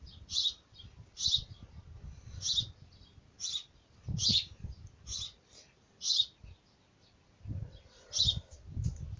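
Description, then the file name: Bird giving repeated high chirps, with low rustling noise and occasional thumps. Birds at a nest. "Nido pajaros"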